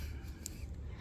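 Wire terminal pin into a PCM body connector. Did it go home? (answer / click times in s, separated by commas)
no / none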